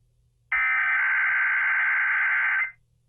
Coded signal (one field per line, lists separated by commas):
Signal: Emergency Alert System (SAME) tones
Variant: header bursts